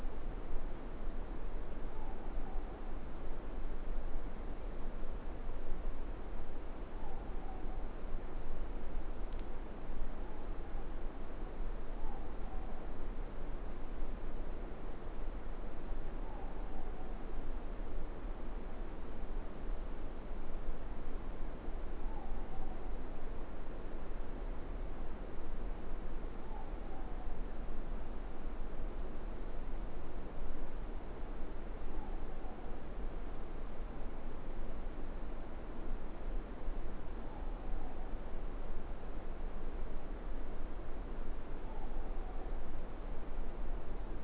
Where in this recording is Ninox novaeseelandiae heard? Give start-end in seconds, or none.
1.80-2.78, 6.87-7.86, 10.07-10.98, 11.91-12.83, 16.11-17.20, 21.91-23.02, 26.39-27.42, 31.79-32.90, 37.09-38.24, 41.53-42.55